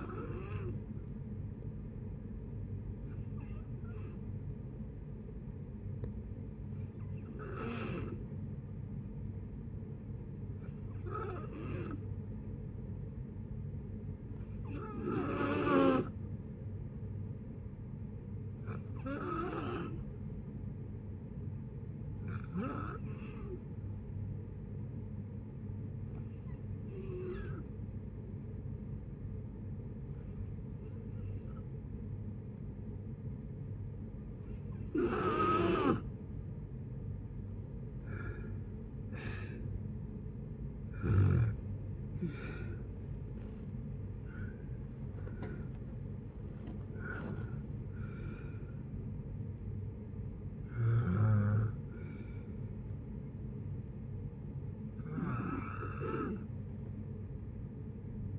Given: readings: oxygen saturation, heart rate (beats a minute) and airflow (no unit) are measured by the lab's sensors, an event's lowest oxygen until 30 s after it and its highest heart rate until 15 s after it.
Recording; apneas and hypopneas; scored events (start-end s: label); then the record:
breathing in sleep by a smartphone at the bedside; 1
14.00-37.30 s: hypopnea (N2, oxygen 93% highest, then 86% lowest, heart rate 64 at the start, 78 highest)
36.00-58.39 s: new sleep stage, N1 (lightest sleep)
From the record:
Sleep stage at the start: N2 (light sleep); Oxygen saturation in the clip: 86 to 93%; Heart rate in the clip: 57 to 78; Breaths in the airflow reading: 16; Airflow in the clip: -9.3 to 9.9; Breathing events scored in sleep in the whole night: 496 in 5.4 hours asleep